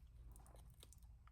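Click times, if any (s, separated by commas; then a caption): none. A small stainless steel jump ring on a beaded jewelry piece is being twisted back closed with pliers so its two cut ends meet and align. Only quiet handling is heard, with faint light ticks around 0.8 and 0.9 seconds over a low background hum. The ring is still being handled and nothing has clicked or seated yet.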